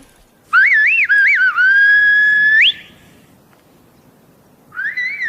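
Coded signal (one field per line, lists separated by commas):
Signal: whistled language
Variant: Silbo Gomero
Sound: a loud gliding whistle with quick rises and falls, a long held note, then another whistle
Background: quiet outdoor ambience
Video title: Langage sifflé Sur l’île de La Gomera qui fait partie des îles Canaries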